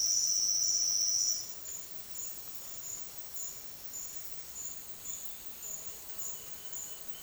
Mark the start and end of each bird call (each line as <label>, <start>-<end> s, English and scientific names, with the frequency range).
Roadside Hawk (Rupornis magnirostris) (1.9-3.6 kHz), 6.32-7.22 s